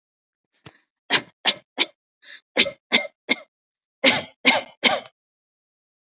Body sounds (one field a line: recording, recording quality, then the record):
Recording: shallow voluntary cough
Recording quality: excellent, no background noise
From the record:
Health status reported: respiratory illness, not identified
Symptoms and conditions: asthma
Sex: female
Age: 37 years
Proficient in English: yes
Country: India